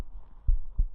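A normal heartbeat heard from an adult woman's chest: low, dull thuds.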